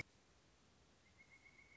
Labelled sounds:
Pileated Woodpecker (Dryocopus pileatus)

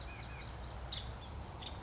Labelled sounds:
Nuttall's Woodpecker (Dryobates nuttallii)

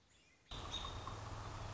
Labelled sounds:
American Robin (Turdus migratorius)

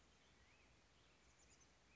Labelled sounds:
Black-headed Grosbeak (Pheucticus melanocephalus)

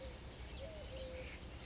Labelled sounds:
Eurasian Collared Dove (Streptopelia decaocto)

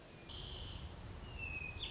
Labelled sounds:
Hermit Thrush (Catharus guttatus)

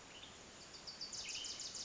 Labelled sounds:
Western Tanager (Piranga ludoviciana)

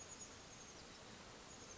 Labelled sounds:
Chestnut-backed Chickadee (Poecile rufescens)

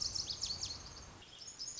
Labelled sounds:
Lazuli Bunting (Passerina amoena)

